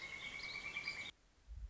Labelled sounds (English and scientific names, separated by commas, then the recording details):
Pileated Woodpecker (Dryocopus pileatus)
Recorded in Sonoma County, California